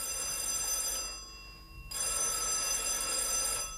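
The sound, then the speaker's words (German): An old telephone bell rings in two sustained, bright metallic bursts separated by a short pause, loud and steady with no voices present, as the priest of Summering calls the priest of Schellenberg. “Aber dieses Klingeln hat nichts mit der Polizei zu tun.”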